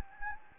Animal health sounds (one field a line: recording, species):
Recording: mosquito wingbeat signal from an infrared sensor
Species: Anopheles gambiae